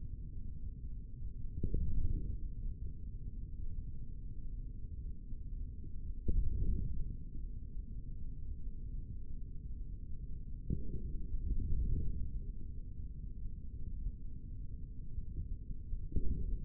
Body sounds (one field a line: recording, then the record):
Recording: forearm muscle sounds (acoustic myography)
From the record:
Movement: forearm pronation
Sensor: system 3, bracelet of six PUI Audio POM-2738L microphones around the upper forearm, with dedicated amplification and filtering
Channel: 4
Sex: male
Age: 25 years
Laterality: right